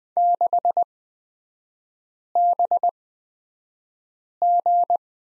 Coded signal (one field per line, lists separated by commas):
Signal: Morse code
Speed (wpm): 20 wpm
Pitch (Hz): 700 Hz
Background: none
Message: 6BG